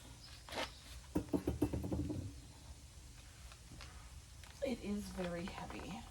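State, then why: Not seated. A heavy plastic vertical planter tier is lifted and positioned above the tier below, with a few short knocks and bumps around 1.2 to 1.6 seconds and again near 3.5 and 3.8 seconds while someone talks. Nothing has seated or clicked yet in this clip; the tier is still being handled.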